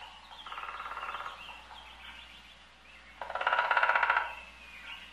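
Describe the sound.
Woodpecker drumming, a rapid even roll of taps lasting about a second, then a louder second roll.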